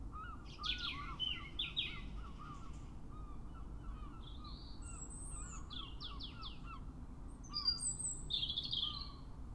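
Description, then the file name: European robin song in several thin, high, varied phrases with sliding whistles, with repeated lower chirping notes through the first part. "Erithacus rubecula"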